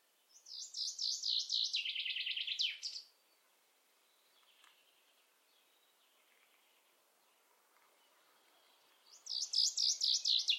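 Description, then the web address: Common chaffinch delivering two trilled phrases, the first descending with a quick end flourish, then a long quiet gap before the second begins.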